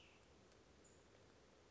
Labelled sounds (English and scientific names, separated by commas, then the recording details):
Cassin's Vireo (Vireo cassinii)
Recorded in Sonoma County, California